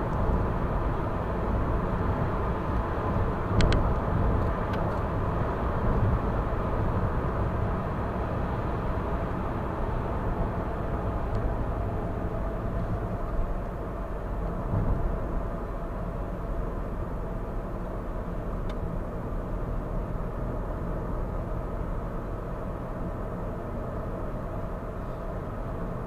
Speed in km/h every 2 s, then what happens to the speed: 97, 97, 97, 95, 88, 77, 66, 63, 59, 57, 56, 58, 58.
0-6 steady at about 97. 6-16 brakes to 59. 16-26 steady at about 58.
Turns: none.